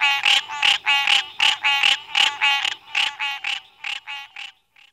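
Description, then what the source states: Green tree frog call: a series of raspy, rattling chirrs that grow weaker toward the end. Two males alternate advertisement calls, then one suddenly switches to aggressive calls, a series of rattling chirrs.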